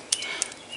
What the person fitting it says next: pull it and it pops up snaps in place